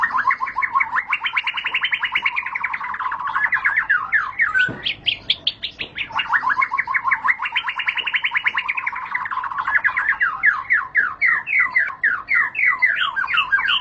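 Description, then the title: White-rumped shama giving long runs of rapid, evenly repeated notes that sweep up and down like a siren, broken once by a sharp harsher burst. Lure recording (pancingan) of a high-class bird, much sought as a master tutor song for training caged birds. "Pancingan Murai Batu Berkelas Banyak Di Cari Buat Masteran"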